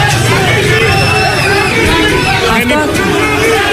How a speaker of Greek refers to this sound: Δεκτός με αποδοκιμασίες, του έχουν πετάξει αυγά, καφέδες και νερά, καθώς κάποιοι εργαζόμενοι έχουν πετάξει σκουπίδια και στην είσοδο του Υπουργείου όπου έχουν βάλει φωτιά. Βλέπετε τις αποδοκιμασίες του κόσμου.